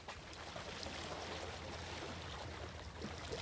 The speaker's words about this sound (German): Nach Mitternacht, Les Goudes. Um die Nachbarn nicht aufzuwecken, bin ich rausgerudert, ohne den Motor anzuwerfen. Das Essen von Honorine und eine Flasche Wein liegen im Boot.